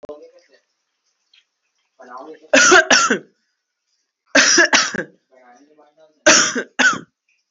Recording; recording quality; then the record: heavy voluntary cough; excellent, no background noise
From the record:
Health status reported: healthy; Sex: male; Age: 21 years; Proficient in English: yes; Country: India